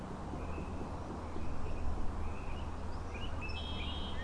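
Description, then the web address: Frogs chorusing in short trilled bursts near the same mid pitch, several overlapping, with clear high bird whistles late on and a steady low hum underneath. Frog chorus at Grafton Lake, recorded 3 May 2009. "The Frog Chorus Tunes Up On Grafton Lake"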